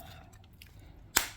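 A plastic tire is pushed firmly onto the axle of a toy ATV. After faint handling noises and a few soft ticks, it snaps into place with a single sharp click at 1.2 s. The tire is seated.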